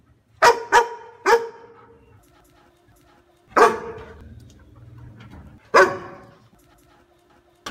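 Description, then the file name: Dog barking: a quick burst of three sharp barks, then single barks spaced about two seconds apart, with quiet gaps between. "Tieng cho sua"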